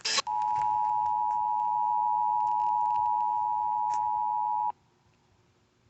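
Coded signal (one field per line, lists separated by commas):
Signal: Emergency Alert System (SAME) tones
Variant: 853 and 960 Hz attention tone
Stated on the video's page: Real EMnet Flash Flood Warning received on FM stations, with valid EAS tones, received on an HDR-14 radio.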